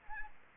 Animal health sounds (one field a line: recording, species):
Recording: mosquito wingbeat signal from an infrared sensor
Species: Anopheles arabiensis